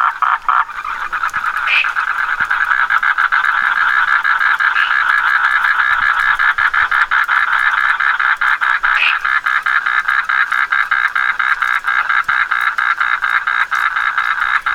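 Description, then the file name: Asian common toad: a continuous, buzzy, rattling trill with a few brief higher chirps. "Duttaphrynus melanostictus"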